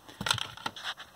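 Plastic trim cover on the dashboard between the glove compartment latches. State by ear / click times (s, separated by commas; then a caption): released / 0.3 s. A plastic trim cover over the dividing line between the two lower glove compartment latches on a 2009 Prius dashboard is pried with a flat-bladed screwdriver. A series of sharp crackling plastic snaps is heard, with the main pop at 0.3 s as the clips let go and the cover is released.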